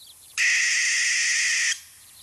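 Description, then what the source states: American barn owl screech, a single harsh hissing scream held steady for over a second, then silence. North American species; a nocturnal hunter.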